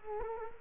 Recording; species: mosquito wingbeat signal from an infrared sensor; Culex quinquefasciatus